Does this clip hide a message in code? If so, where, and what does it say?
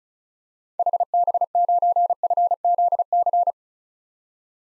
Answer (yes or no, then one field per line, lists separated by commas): yes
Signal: Morse code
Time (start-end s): 0.8-3.5 s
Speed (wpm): 36 wpm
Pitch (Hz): 700 Hz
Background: none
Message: HB9FZC